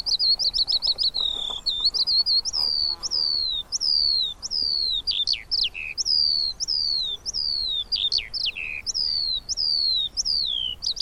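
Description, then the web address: Eurasian skylark delivering a long, sustained song of high twittering and repeated slurred whistles, with sharp downward-swooping notes scattered through the steady flow. "Deverinetal"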